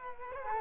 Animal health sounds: mosquito wingbeat signal from an infrared sensor; Culex quinquefasciatus

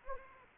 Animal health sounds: mosquito wingbeat signal from an infrared sensor; Anopheles arabiensis

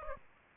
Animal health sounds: mosquito wingbeat signal from an infrared sensor; Aedes aegypti

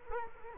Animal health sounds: mosquito wingbeat signal from an infrared sensor; Culex quinquefasciatus

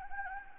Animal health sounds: mosquito wingbeat signal from an infrared sensor; Anopheles gambiae

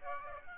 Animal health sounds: mosquito wingbeat signal from an infrared sensor; Aedes aegypti

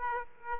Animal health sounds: mosquito wingbeat signal from an infrared sensor; Aedes aegypti

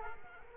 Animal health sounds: mosquito wingbeat signal from an infrared sensor; Culex quinquefasciatus

